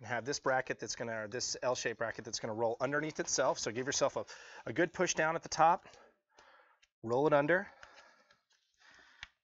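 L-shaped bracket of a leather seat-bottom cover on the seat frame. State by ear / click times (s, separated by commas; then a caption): seated / 9.2 s. Someone talks while the L-shaped bracket of a leather driver seat-bottom cover for a Toyota Tundra and Sequoia is rolled underneath itself on the seat frame and forced into place with the thumb. After a few faint handling sounds, a sharp snap is heard at 9.2 s, and the bracket is seated.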